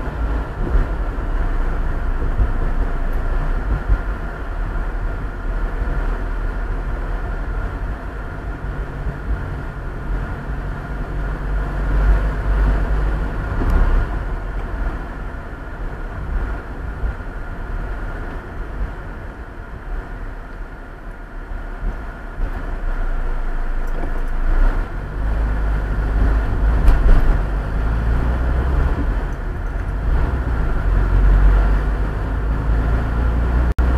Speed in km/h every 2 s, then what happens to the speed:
55, 50, 46, 39, 33, 31, 34, 41, 43, 39, 37, 25, 20, 17, 19, 23, 27.
0-9 slows to 31. 9-15 speeds up to 43. 15-25 slows to 17. 28-34 speeds up to 27.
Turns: none.